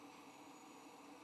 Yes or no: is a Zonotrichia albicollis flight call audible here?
no